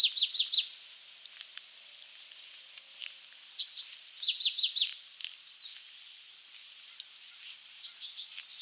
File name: Thryomanes bewickii - Bewick's Wren